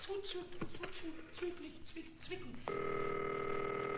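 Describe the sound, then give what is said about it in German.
A telephone being dialed to call a dry cleaner: a run of short clicks and brief tones, then a loud, steady electronic phone tone that holds to the end, with faint murmuring underneath. “Ja, also, muss ich mal telefonieren.”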